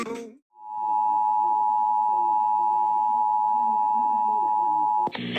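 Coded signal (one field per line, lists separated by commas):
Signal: Emergency Alert System (SAME) tones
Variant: 853 and 960 Hz attention tone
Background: speech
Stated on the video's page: Weather alerts caught during a severe weather event.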